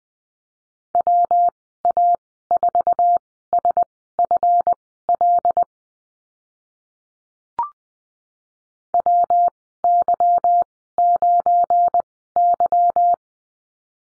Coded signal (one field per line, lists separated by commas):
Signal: Morse code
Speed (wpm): 20 wpm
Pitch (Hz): 700 Hz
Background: none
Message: WA4SFL WY9Y